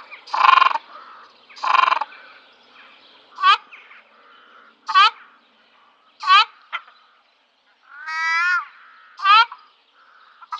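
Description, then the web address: Ruddy shelduck honking: two long, nasal, harmonic honks, then a series of short, sharply falling calls spaced about a second or more apart, and one wavering, drawn-out note. "Schulze Peter Ruddy Shelduck"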